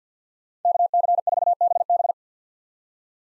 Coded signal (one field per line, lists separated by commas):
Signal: Morse code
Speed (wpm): 50 wpm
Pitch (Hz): 700 Hz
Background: none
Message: KC4BB